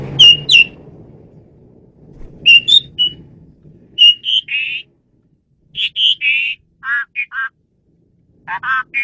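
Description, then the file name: Asian pied starling calls: varied whistled and buzzy notes, some clear, others rough and warbled, delivered in short clusters with gaps, low hum early on. Female bird used as a lure (pemikat). "jalak suren betina pemikat"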